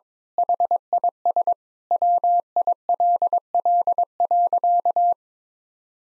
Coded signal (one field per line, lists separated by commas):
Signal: Morse code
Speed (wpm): 21 wpm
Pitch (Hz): 700 Hz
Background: none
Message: HIS WILL.